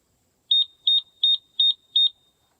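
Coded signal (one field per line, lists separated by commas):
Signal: beep code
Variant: Coop Controls door opener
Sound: five short, evenly spaced high-pitched electronic beeps, about a third of a second apart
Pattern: 5 short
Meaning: The door opener won't cycle, indicating a fault, apparently in the control board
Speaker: If I try and cycle, I get a blinking light and 5 beeps, and it won't cycle.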